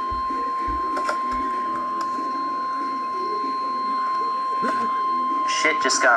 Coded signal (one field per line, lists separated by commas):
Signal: Emergency Alert System (SAME) tones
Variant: 1050 Hz attention tone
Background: speech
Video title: Severe Thunderstorm Warning EAS #48